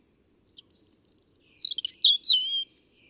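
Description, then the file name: European robin song: one clear, high-pitched phrase of quick sharp notes, ending in a sliding, drawn-out whistle; quiet otherwise. "Erithacus rubecula"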